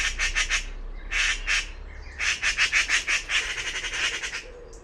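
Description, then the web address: Bird uttering short raspy squawks, first in small clusters, then in a faster rhythmic run. "Bird Only More Classes Pi Pi Pi Pi"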